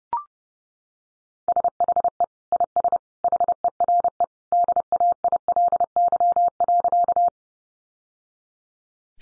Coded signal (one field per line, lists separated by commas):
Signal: Morse code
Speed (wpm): 28 wpm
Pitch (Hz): 700 Hz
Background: none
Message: SHE IS HERE DAILY.